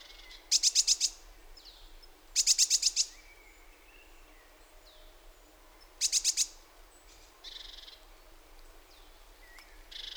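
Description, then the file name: Great tit with quick rattling bursts of several harsh notes, three series spaced a few seconds apart, then softer buzzy calls later. "Parus major"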